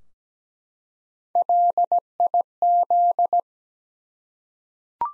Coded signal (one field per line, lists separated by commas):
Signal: Morse code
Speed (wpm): 17 wpm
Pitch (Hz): 700 Hz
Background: none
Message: LIZ